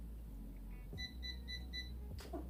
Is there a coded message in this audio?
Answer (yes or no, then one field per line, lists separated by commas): no